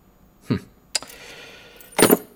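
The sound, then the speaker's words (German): A bunch of ordinary door keys with a car key and a few coins jingle in three short metallic bursts: one small clink, a sharp rattle, then a louder, longer jangle at the end, with a quiet shuffling hiss between them and no voices. “Ein paar Münzen und ein Schlüsselbund.”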